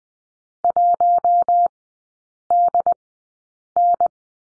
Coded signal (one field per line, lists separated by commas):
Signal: Morse code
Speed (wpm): 20 wpm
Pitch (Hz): 700 Hz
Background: none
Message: 1DN